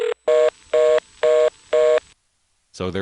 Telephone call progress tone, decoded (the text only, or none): reorder tone